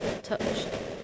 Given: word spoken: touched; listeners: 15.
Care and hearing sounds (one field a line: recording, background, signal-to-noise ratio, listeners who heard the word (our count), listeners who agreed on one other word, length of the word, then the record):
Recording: one English word in noise, from a listening test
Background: noise modulated by three-talker babble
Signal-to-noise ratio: -4.1 dB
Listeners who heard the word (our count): 2 of 15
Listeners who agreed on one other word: 13 of 15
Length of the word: 0.64 s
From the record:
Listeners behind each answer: 13, 2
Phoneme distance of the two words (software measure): 7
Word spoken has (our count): 1 syllable, 4 phonemes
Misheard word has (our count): 1 syllable, 3 phonemes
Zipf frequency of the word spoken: 4.27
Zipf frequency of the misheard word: 5.10